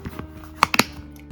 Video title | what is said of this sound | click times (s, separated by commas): WIMB•DOONEY & BOURKE SMITH BAG•JUICY BOOTS #dooneyandbourke #whatsinmybag #bags #baglover #handbags | y'all heard that snap that's what we love | 0.6 s